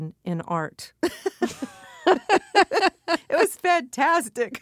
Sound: soundbite of laughter

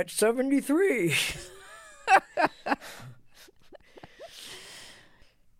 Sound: laughter

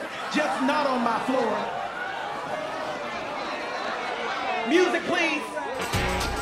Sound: soundbite of crowd jeering

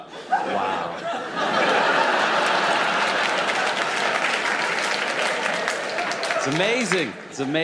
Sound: laughter, applause

